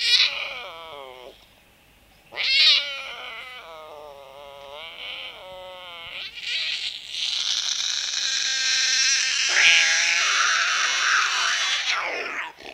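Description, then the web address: Puma uttering wavering meows that give way to a long, loud, breathy hissing rasp in the second half. Rainforest in South America. "Natures Songs S America Mammals of the Rainforest Puma"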